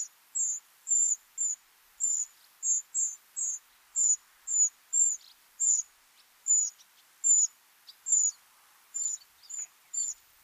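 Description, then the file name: Eurasian wren giving brief, piercingly high notes in a quick, uneven series. "Troglodytes troglodytes"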